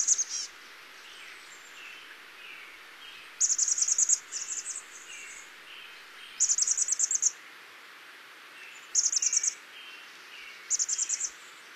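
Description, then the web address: Chestnut-backed chickadee repeating high, dry buzzy chatters, several bursts spread throughout, with faint thin notes in between. "Songs of Birds of North America Stokes. Chestnut-backed Chickadee"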